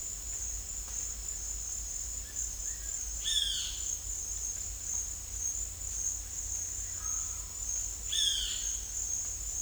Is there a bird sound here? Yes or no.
no